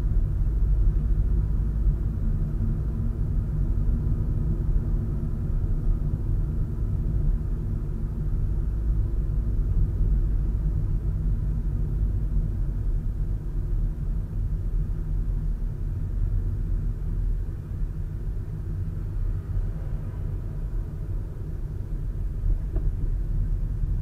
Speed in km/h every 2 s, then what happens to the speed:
31, 33, 36, 34, 33, 31, 29, 26, 24, 22, 23, 22.
0-5 steady at about 33. 5-18 slows to 22. 18-24 steady at about 22.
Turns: none.